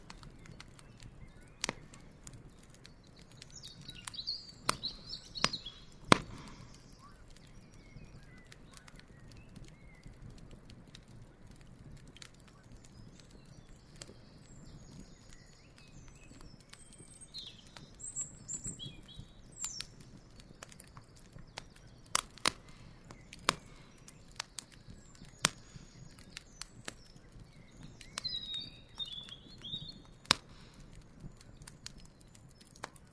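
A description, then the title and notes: A campfire crackles with sharp, scattered pops over a soft low rumble, while birds chirp and twitter on and off throughout. The relaxing sounds of a campfire on the shores of a lake.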